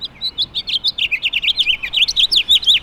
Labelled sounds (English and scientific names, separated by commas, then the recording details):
House Finch (Haemorhous mexicanus) song
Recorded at Oakdale on Long Island, New York, on 18 June 2013
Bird B